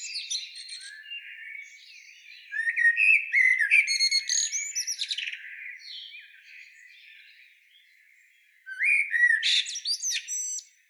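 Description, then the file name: Eurasian blackbird singing varied whistled phrases with high twittery endings, a lull in the middle, then a further loud burst of warbling. "Turdus merula"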